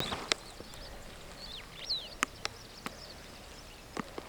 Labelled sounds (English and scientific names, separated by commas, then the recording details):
Superb Starling (Lamprotornis superbus) flight call
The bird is a female
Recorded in Kenya on 9 June 2010
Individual 75, of group MRCV